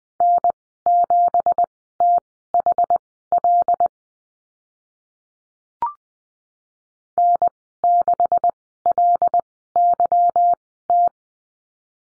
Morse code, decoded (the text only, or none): N7THL N6LYT